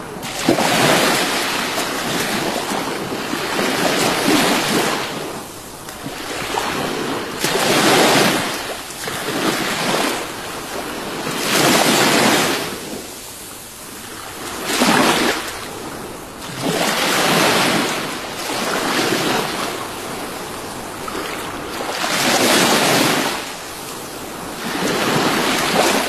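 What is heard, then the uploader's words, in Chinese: Real ocean waves roll in and break in a steady rhythm, each surge swelling and hissing for a few seconds before easing back. Crests arrive about every three to four seconds, full, with a constant rush of wind and foam between them. 大自然的声音：真实的海浪声。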